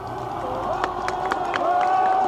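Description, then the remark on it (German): A crowd of demonstrators at the Brandenburg Gate in Berlin cheers and calls out in a steady, sustained roar, with scattered sharp hand claps rising above the din, as a red flag is lowered; they wave their hats and shout greetings to free Berlin. “Die Demonstranten klatschen, sie schwenken ihre Hüte.”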